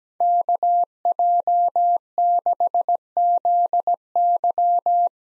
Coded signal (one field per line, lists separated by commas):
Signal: Morse code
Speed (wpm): 17 wpm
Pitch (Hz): 700 Hz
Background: none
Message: KJ6ZY